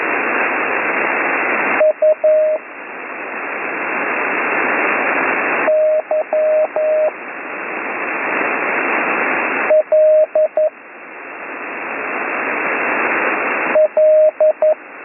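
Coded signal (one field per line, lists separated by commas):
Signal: Morse code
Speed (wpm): 11 wpm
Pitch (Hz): 620 Hz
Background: radio noise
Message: U Y L L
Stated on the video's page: Slow Morse code course lesson, week 6.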